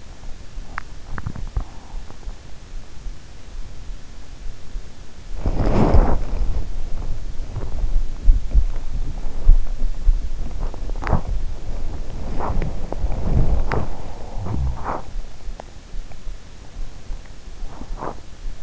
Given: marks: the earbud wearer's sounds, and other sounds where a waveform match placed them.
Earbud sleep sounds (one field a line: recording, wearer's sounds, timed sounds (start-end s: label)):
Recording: sounds in sleep by an in-ear microphone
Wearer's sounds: teeth grinding, body movement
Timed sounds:
0.00-1.94 s: teeth grinding
5.19-18.63 s: body movement